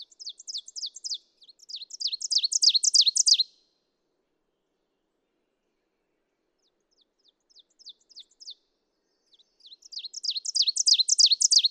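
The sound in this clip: Ovenbird songs: loud runs of repeated high two-part phrases, swelling to a strong finish, with a faint series between the two main songs.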